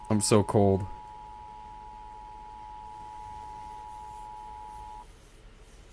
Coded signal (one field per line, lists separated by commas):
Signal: Emergency Alert System (SAME) tones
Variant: 853 and 960 Hz attention tone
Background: speech